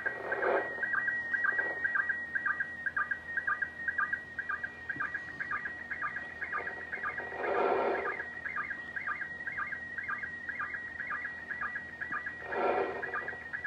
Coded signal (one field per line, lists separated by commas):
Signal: SSTV (slow-scan television)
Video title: 12-27-2024 - SSTV - ISS - YAESU FT-991-A - MMSSTV - On the Air with #va3ewv